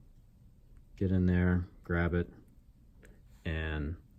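A crimped contact pin is held with needle-nose pliers and worked toward a plastic connector housing while someone talks. The pin has not yet popped into place, and nothing has seated or clicked.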